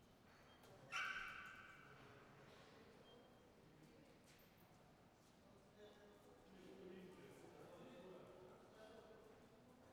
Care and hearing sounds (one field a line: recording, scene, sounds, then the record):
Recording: everyday scene through a hearing-aid microphone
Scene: reverberant space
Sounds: barking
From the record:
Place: railway station hall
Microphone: behind the ear, right, front